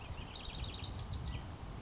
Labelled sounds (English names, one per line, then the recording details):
House Wren
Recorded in Sonoma County, California